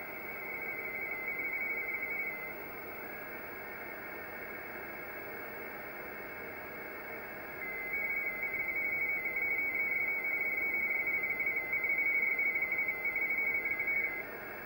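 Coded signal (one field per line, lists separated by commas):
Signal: RTTY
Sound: rapid warbling between two close high tones, steady teletype chatter over hiss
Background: radio static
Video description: Using Telereader CWR-685E at RTTY Context, Hearing YL2CI FB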